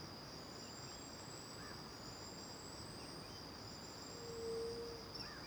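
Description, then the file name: Cricket chirping runs as a continuous high pulsing trill, joined by faint thin bird whistles and one brief low tone against steady background noise. Morning with back to the river near the Angélica cave; several birds present, crickets distant at first then near; AB stereo recording. "De costas para o rio perto da caverna angelica de manha, varios passaros, grilos longe e depois perto"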